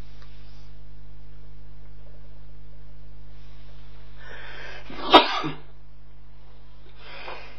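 A single sneeze: a rising breathy inhale, then one sharp, loud burst, followed by a faint exhale and quiet with a steady low hum underneath.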